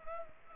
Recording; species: mosquito wingbeat signal from an infrared sensor; Anopheles gambiae